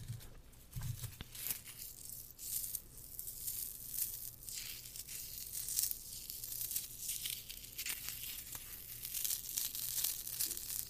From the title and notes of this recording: Lots of scratching and rough textures.